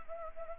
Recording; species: mosquito wingbeat signal from an infrared sensor; Anopheles gambiae